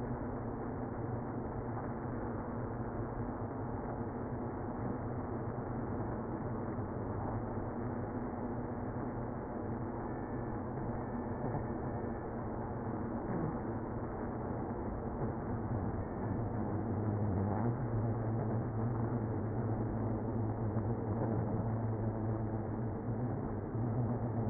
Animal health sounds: honeybee colony, microphone inside the hive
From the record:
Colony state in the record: queenless (queen removed); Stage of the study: after two queens were removed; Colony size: about 60,000 bees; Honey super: yes

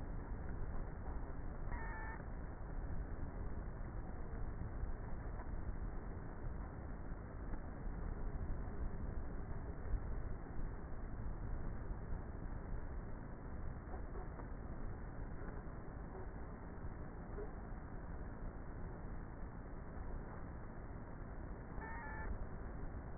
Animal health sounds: honeybee colony, microphone inside the hive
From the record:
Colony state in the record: queenless with a low population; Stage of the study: before two queens were removed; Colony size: about 30,000 bees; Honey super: no

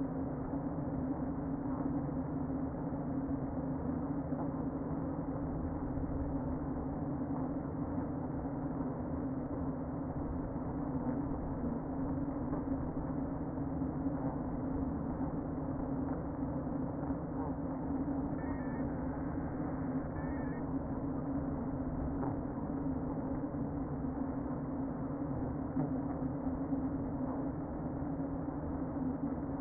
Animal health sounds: honeybee colony, microphone inside the hive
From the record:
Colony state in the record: queen present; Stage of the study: before two queens were removed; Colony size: about 60,000 bees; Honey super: yes

